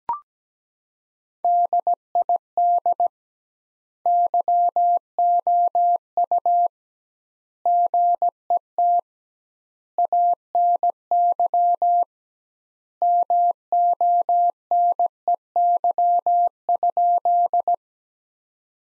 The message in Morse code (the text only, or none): DID YOU GET ANY MONEY?